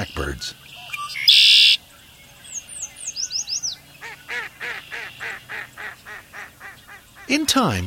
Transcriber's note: Brief calls of Mallard, Red-winged Blackbird and Yellow Warbler